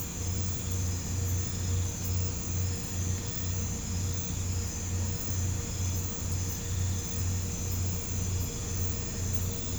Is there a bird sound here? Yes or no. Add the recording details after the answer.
no. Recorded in pastures near Puerto Asís, Putumayo, Colombia, on 21 December 2024 at 00:30. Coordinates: 0.505, -76.324. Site G063